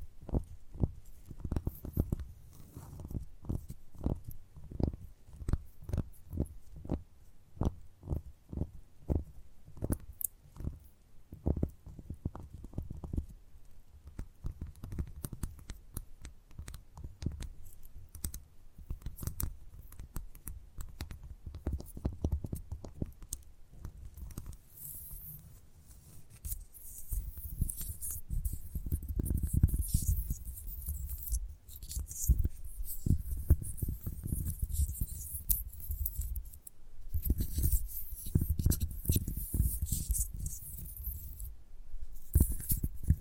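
Gentle tapping, a steady run of soft, quick taps with a low, dull body. For the first half the taps come as distinct regular strikes; from about twenty-five seconds they blur into denser, scratchier patter with a brighter hiss on top.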